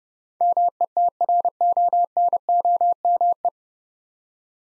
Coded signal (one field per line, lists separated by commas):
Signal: Morse code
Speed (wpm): 29 wpm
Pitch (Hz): 700 Hz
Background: none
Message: METRONOME